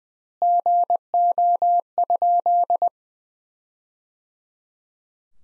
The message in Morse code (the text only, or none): GO?